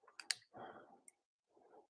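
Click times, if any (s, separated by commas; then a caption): 0.3 s. A push-button fitting is pushed onto its stud and clicks on without the release button being pressed, with a sharp click at 0.3 s just after a smaller tick at 0.2 s. Soft rustling and handling noise follow, with a faint tick at 1.1 s and another short patch of rustling near the end. The fitting is seated.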